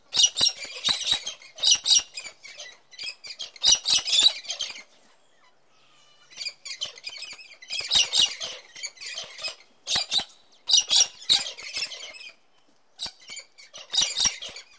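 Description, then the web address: Cockatoo calls, rasping squawky bursts in clusters separated by brief silences. "papagal kakadu izdava zvuci"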